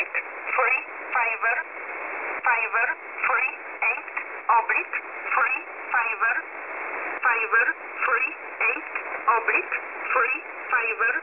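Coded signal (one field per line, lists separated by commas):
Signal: numbers station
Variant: E11a, English, Oblique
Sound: female voice reading callsign and numbers: oblique, three, five, five, three, eight, repeated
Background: radio static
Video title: E11a Message 19/07/2023 0900 UTC 9052kHz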